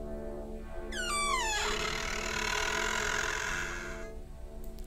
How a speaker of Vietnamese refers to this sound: Cánh cửa sau lưng quán từ từ mở. Ấy, cái tiếng bản lề lâu ngày khô dầu rít lên ken két.